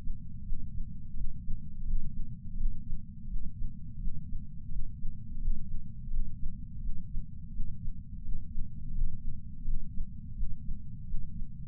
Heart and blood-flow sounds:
heart sounds by patch sensor on the chest; 85 bpm
0.45 s: heartbeat
1.16 s: heartbeat
1.86 s: heartbeat
2.57 s: heartbeat
3.28 s: heartbeat
4.00 s: heartbeat
4.71 s: heartbeat
5.41 s: heartbeat
6.11 s: heartbeat
6.81 s: heartbeat
7.52 s: heartbeat
8.24 s: heartbeat
8.94 s: heartbeat
9.65 s: heartbeat
10.35 s: heartbeat
11.06 s: heartbeat
From the record:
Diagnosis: coronary artery disease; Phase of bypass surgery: preoperative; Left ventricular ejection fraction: 50.8%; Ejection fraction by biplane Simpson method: 50%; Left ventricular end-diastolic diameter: 50 mm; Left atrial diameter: 32 mm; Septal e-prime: 7.2 cm/s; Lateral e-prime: 9.1 cm/s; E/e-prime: 8.5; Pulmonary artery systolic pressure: 23 mmHg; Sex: male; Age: 65 years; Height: 170 cm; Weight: 65 kg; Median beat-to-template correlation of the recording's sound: 0.75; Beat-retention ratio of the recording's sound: 0.96

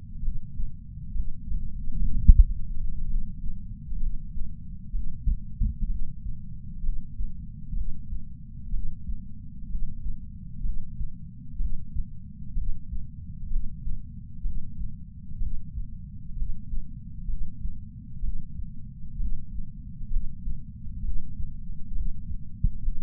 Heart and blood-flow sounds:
heart sounds by patch sensor on the chest; 64 bpm
0.21 s: heartbeat
1.13 s: heartbeat
2.10 s: heartbeat
3.07 s: heartbeat
3.98 s: heartbeat
4.92 s: heartbeat
5.87 s: heartbeat
6.82 s: heartbeat
7.74 s: heartbeat
8.71 s: heartbeat
9.67 s: heartbeat
10.62 s: heartbeat
11.58 s: heartbeat
12.54 s: heartbeat
13.49 s: heartbeat
14.43 s: heartbeat
15.39 s: heartbeat
16.35 s: heartbeat
17.26 s: heartbeat
18.21 s: heartbeat
19.17 s: heartbeat
20.09 s: heartbeat
21.01 s: heartbeat
21.93 s: heartbeat
22.81 s: heartbeat
From the record:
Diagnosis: coronary artery disease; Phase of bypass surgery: preoperative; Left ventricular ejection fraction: 47%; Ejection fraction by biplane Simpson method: 47.3%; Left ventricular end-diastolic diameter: 51 mm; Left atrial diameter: 32 mm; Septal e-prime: 4.7 cm/s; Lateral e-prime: 7 cm/s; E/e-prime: 9.1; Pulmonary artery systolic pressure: 21 mmHg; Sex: male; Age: 60 years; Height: 174 cm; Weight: 72 kg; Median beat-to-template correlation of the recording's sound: 0.91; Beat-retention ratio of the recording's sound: 0.98

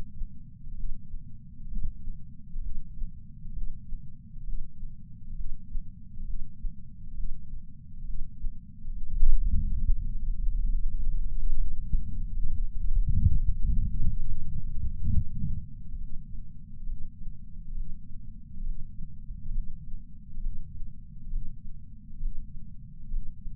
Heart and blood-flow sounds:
heart sounds by patch sensor on the chest; 67 bpm
0.75 s: heartbeat
1.69 s: heartbeat
2.61 s: heartbeat
3.53 s: heartbeat
4.44 s: heartbeat
5.35 s: heartbeat
6.25 s: heartbeat
7.15 s: heartbeat
8.05 s: heartbeat
8.93 s: heartbeat
9.82 s: heartbeat
10.70 s: heartbeat
11.58 s: heartbeat
12.48 s: heartbeat
13.36 s: heartbeat
14.24 s: heartbeat
15.10 s: heartbeat
15.98 s: heartbeat
16.86 s: heartbeat
17.74 s: heartbeat
18.63 s: heartbeat
19.51 s: heartbeat
20.40 s: heartbeat
21.29 s: heartbeat
22.19 s: heartbeat
23.09 s: heartbeat
From the record:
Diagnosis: coronary artery disease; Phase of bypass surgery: preoperative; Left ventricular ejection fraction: 52.3%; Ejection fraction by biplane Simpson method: 38%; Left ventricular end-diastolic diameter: 62 mm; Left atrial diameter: 45 mm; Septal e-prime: 4 cm/s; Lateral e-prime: 7 cm/s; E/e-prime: 12.2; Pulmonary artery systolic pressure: 24 mmHg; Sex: male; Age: 61 years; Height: 174 cm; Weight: 80 kg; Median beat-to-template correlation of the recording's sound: 0.91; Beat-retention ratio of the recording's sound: 0.97

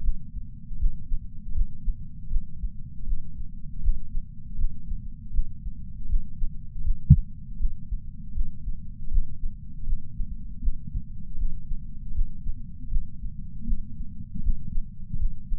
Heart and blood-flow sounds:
heart sounds by patch sensor on the chest; 79 bpm
0.02 s: heartbeat
0.78 s: heartbeat
1.54 s: heartbeat
2.30 s: heartbeat
3.06 s: heartbeat
3.81 s: heartbeat
4.57 s: heartbeat
5.33 s: heartbeat
6.08 s: heartbeat
6.83 s: heartbeat
7.59 s: heartbeat
8.34 s: heartbeat
9.10 s: heartbeat
9.85 s: heartbeat
10.61 s: heartbeat
11.37 s: heartbeat
12.13 s: heartbeat
12.90 s: heartbeat
13.66 s: heartbeat
14.42 s: heartbeat
15.18 s: heartbeat
From the record:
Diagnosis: coronary artery disease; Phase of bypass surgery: postoperative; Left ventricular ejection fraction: 62.4%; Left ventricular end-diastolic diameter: 42 mm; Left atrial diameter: 36 mm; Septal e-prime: 5.8 cm/s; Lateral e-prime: 9.2 cm/s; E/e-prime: 7.3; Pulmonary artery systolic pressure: 36 mmHg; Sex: male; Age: 59 years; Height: 162 cm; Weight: 60 kg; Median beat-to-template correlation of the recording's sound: 0.83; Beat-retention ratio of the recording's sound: 0.99

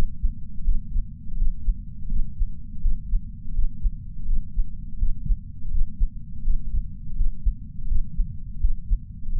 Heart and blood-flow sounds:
heart sounds by patch sensor on the chest; 83 bpm
0.64 s: heartbeat
1.37 s: heartbeat
2.09 s: heartbeat
2.81 s: heartbeat
3.54 s: heartbeat
4.26 s: heartbeat
4.99 s: heartbeat
5.71 s: heartbeat
6.43 s: heartbeat
7.16 s: heartbeat
7.88 s: heartbeat
8.61 s: heartbeat
9.32 s: heartbeat
From the record:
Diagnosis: coronary artery disease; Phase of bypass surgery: postoperative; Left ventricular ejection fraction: 56.8%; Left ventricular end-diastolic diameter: 44 mm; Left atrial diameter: 32 mm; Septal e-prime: 5.7 cm/s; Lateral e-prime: 6.1 cm/s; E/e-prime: 10.2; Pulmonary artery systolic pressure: 32 mmHg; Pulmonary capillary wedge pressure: 12 mmHg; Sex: male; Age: 65 years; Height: 165 cm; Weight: 60 kg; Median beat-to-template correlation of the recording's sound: 0.87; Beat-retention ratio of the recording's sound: 1.00

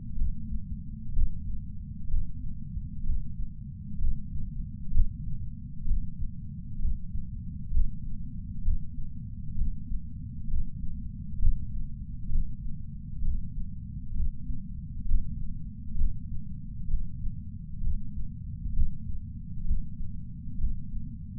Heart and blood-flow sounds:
heart sounds by patch sensor on the chest; 65 bpm
0.15 s: heartbeat
1.13 s: heartbeat
2.08 s: heartbeat
3.03 s: heartbeat
3.98 s: heartbeat
4.91 s: heartbeat
5.85 s: heartbeat
6.79 s: heartbeat
7.71 s: heartbeat
8.62 s: heartbeat
9.55 s: heartbeat
10.47 s: heartbeat
11.39 s: heartbeat
12.29 s: heartbeat
13.22 s: heartbeat
14.14 s: heartbeat
15.05 s: heartbeat
15.95 s: heartbeat
16.88 s: heartbeat
17.81 s: heartbeat
18.73 s: heartbeat
19.65 s: heartbeat
20.58 s: heartbeat
From the record:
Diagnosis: coronary artery disease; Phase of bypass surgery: preoperative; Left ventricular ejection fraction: 64.7%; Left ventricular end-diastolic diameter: 48 mm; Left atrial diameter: 35 mm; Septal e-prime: 7.2 cm/s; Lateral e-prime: 9.9 cm/s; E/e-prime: 8.2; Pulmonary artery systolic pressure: 27 mmHg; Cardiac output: 5.5 L/min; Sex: male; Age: 75 years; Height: 167 cm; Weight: 58 kg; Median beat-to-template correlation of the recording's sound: 0.83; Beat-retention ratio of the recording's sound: 0.99

